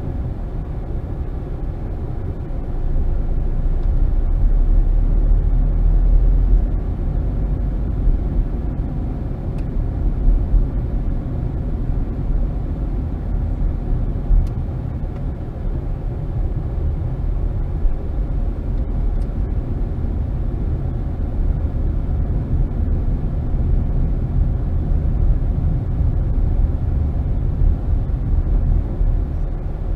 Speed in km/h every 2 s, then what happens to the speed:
16, 18, 24, 31, 34, 31, 26, 18, 13, 18, 23, 27, 26, 23, 19.
0-7 speeds up to 34. 7-15 slows to 13. 17-22 speeds up to 27. 22-30 slows to 19.